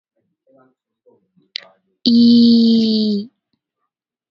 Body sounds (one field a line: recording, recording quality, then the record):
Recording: sustained vowel as in beet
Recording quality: excellent, no background noise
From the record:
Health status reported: healthy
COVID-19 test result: negative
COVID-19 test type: RT-PCR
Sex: female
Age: 21 years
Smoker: no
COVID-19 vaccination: both doses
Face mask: worn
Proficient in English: yes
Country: India